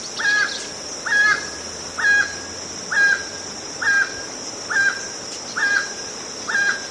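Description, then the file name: Emerald toucanet song of regular, nasal croaks repeated about once a second against a steady shrill insect chorus. "Canto do tucaninho verde"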